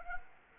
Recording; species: mosquito wingbeat signal from an infrared sensor; Anopheles arabiensis